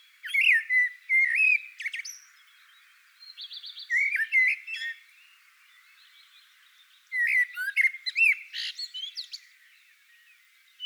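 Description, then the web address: Common blackbird song: rich fluted whistled phrases with higher squeaky twittering notes, delivered in several bursts separated by short pauses. "Naturinspelningar Koltrast"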